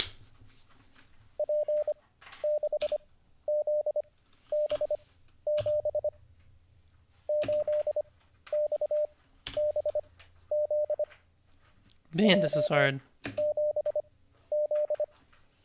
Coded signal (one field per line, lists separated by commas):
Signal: Morse code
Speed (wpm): 25 wpm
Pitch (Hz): 600 Hz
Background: speech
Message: P6ZB7 8XBZ J7Z